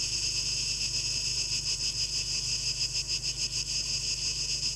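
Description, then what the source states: Cicadas buzzing high and continuously, the drone swelling into rhythmic throbbing pulses in the second half, above a low hum. 12 August 2023; tape echo mix.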